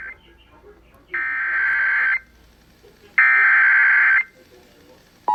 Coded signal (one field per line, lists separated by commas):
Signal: Emergency Alert System (SAME) tones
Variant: header bursts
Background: speech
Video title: Sterling but SVR and below freezing(EAS 2,359-2,360)